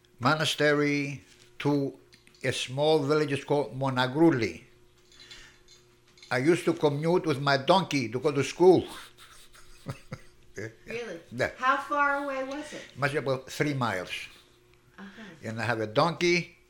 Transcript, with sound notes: monastery to a small village called Monagurli. I used to commute with my donkey to go to school. ( he laughs )
How far away was it?
It was about three miles. And I have a donkey.